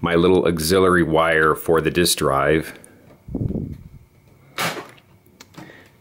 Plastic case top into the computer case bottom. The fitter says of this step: then it should just snap right in just like that.